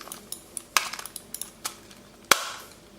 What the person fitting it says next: c'est clipsé.